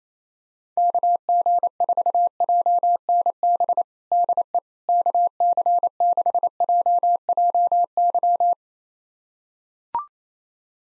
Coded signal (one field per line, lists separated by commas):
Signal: Morse code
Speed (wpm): 27 wpm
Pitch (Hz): 700 Hz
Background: none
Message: KG4JNB DE KC6JJY